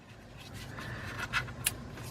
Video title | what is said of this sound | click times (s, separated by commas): Honda Pilot Spark Plugs Replacement | you heard the snap in them that's all you listen now that pay attention to that sound because | 1.7 s